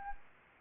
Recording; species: mosquito wingbeat signal from an infrared sensor; Anopheles gambiae